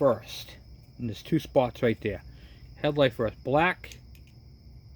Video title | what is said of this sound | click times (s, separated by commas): Wiring on the Kawasaki MT1 and KV75 | You heard the click. It's good. | 4.1 s